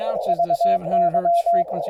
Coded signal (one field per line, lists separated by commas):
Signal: Morse code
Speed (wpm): 22 wpm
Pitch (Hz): 690 Hz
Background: speech, radio noise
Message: VY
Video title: Tuned CW Speaker Comparison